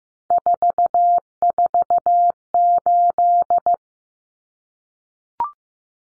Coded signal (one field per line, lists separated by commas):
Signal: Morse code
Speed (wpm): 15 wpm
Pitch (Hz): 700 Hz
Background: none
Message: 448